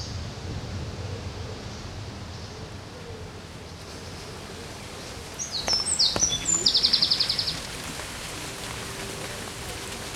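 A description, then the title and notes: Steady hiss of river water with low rumbling early on, a bird's high chirps and trill midway, then a faint low hum. Sounds along the river in Odense, Denmark.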